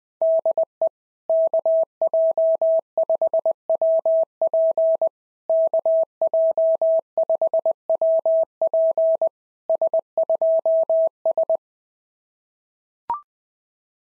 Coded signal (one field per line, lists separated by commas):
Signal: Morse code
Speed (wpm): 19 wpm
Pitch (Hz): 650 Hz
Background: none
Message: DE KJ5WP KJ5WP S2S